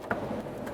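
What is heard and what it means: A red plastic locking tab (connector position assurance) is driven into the larger electrical connector on the fuel pump module assembly of a 2004-2008 Ford F-150 5.4L V8. It gives one short, sharp snap at 0.1 s over a steady background hiss. The tab is confirmed seated.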